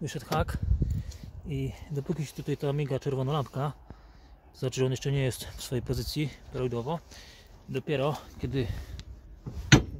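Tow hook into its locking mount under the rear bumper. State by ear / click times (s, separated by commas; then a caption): seated / 9.7 s. A manually retractable steel tow hook on a 2009 Mercedes E-Class W212 is swung out under the rear bumper and pushed into its locking mount while someone talks. A loud, sharp click at 9.7 s marks the hook locking into its extended working position, after which the red warning lamp stops blinking.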